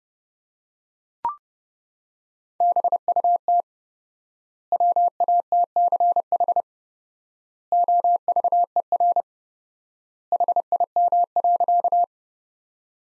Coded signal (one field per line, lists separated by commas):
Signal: Morse code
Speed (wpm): 30 wpm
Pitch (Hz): 700 Hz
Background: none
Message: BUT WATCH OVER HIM.